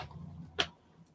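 The safety catch on one of two pairs of pruning shears is worked, giving a single sharp click at 0.6 s over low, steady background noise. The catch clicks into place.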